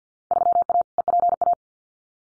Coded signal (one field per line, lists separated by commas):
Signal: Morse code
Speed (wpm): 50 wpm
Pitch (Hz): 700 Hz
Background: none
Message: 3A EPA